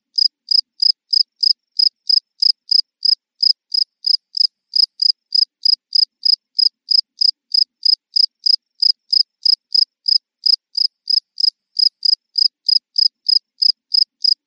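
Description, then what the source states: Cricket chirping steadily, bright high-pitched pulses in an unbroken, regular rhythm of about three chirps each second, no other sounds. Constant chirping.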